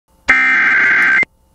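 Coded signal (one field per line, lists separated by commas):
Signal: Emergency Alert System (SAME) tones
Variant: header bursts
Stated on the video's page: Flash flood warning for Monterey County, California, broadcast on KALT-FM.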